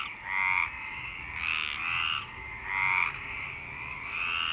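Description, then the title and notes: Frogs give grating pulsed croaks in overlapping bursts. Frogs in Parc Longchamp, Marseille, Provence-Alpes-Côte d'Azur, France, 26 March 2011 at 19:35, recorded with a MixPre-6 and BASIC UCHO. "Marseille, Provence-Alpes-Côte d'Azur, France - 26_03_11_19_35 Longchamps_004 grenouilles. Grenouilles au parc de Longchamp MIXPRE 6 + BASIC UCHO"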